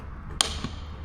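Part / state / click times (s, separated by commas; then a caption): umbrella into door compartment / seated / 0.4 s. An umbrella is pushed into its hidden compartment built into a Rolls-Royce car door, and a single sharp pop sounds at 0.4 s, followed by a fainter low knock around 0.65 s over a steady low hum. The pop means the umbrella is seated all the way in.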